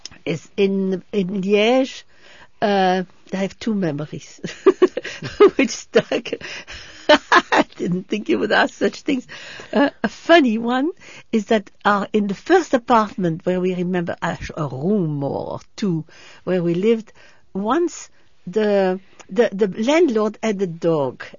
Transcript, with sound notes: is in - in Liege. I have two memories which stuck. ( she laughs ) I didn't think you would ask such things. A funny one is that in the first apartment where we remember as a room or two where we lived, once the, the landlord had a dog.